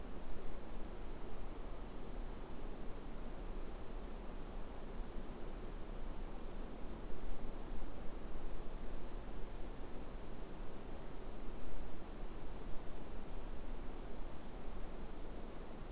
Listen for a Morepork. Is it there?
no